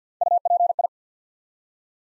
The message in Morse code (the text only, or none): UPI